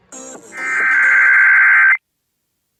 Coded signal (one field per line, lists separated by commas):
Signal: Emergency Alert System (SAME) tones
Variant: header bursts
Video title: THE END OF 2022 (FT. A CAE)... EAS Alerts from December 2022 (EAS #1,773 - 1,844)